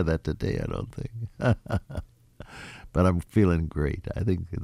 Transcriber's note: laughs